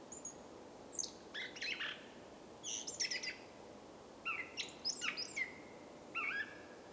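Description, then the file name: Common blackbird song, fairly faint: several varied phrases of fluty notes mixed with high squeaky twitters, separated by short gaps. "Turdus merula"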